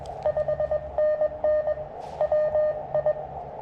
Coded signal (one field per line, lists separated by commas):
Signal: Morse code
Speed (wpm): 22 wpm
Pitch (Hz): 600 Hz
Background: none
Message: 5NN WI